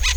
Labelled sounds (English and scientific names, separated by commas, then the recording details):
Brown-throated Parakeet (Eupsittula pertinax) contact call
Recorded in Venezuela
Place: Tumeremo, Edo. Bolívar
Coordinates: 7.209, -61.364